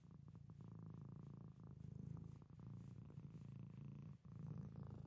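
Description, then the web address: Domestic cat purring, a steady low rumble that swells and fades with each breath, with a brief dip in the rhythm near the end. Pet domestic cat purring. "SFXBible animals-domestic-cat-pet-purr"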